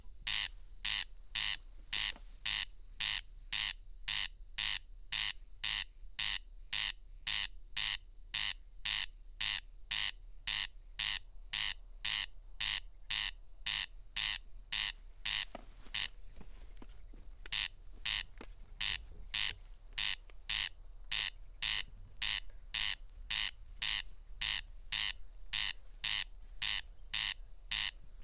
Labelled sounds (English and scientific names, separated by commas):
Corn Crake (Crex crex) song